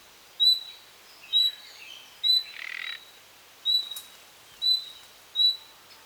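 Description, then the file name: Common nightingale whistling short high notes roughly once a second, with one drawn-out harsh rasp and a little soft twittering. "Luscinia megarhynchos"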